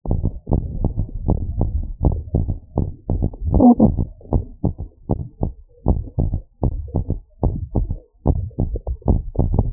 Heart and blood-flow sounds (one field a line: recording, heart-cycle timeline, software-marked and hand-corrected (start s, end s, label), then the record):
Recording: heart sounds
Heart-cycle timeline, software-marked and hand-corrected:
0.00	0.02	S2
0.02	0.48	diastole
0.48	0.60	S1
0.60	0.82	systole
0.82	0.92	S2
0.92	1.26	diastole
1.26	1.38	S1
1.38	1.60	systole
1.60	1.72	S2
1.72	2.06	diastole
2.06	2.18	S1
2.18	2.40	systole
2.40	2.50	S2
2.50	2.84	diastole
2.84	2.94	S1
2.94	3.16	systole
3.16	3.28	S2
3.28	3.60	diastole
3.60	3.76	S1
3.76	3.96	systole
3.96	4.04	S2
4.04	4.34	diastole
4.34	4.42	S1
4.42	4.64	systole
4.64	4.74	S2
4.74	5.10	diastole
5.10	5.20	S1
5.20	5.44	systole
5.44	5.52	S2
5.52	5.90	diastole
5.90	6.00	S1
6.00	6.24	systole
6.24	6.34	S2
6.34	6.72	diastole
6.72	6.82	S1
6.82	7.02	systole
7.02	7.10	S2
7.10	7.44	diastole
7.44	7.56	S1
7.56	7.78	systole
7.78	7.88	S2
7.88	8.26	diastole
8.26	8.38	S1
8.38	8.60	systole
8.60	8.70	S2
8.70	9.08	diastole
9.08	9.22	S1
9.22	9.46	systole
9.46	9.58	S2
9.58	9.73	diastole
From the record:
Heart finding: normal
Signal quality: good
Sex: female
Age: 25 years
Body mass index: 19.5